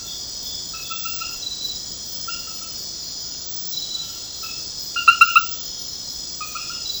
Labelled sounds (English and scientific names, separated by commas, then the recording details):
none
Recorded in secondary vegetation near Puerto Asís, Putumayo, Colombia, on 13 March 2025 at 00:30
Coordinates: 0.498, -76.327
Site G001